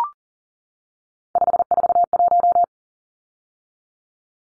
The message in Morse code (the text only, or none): 541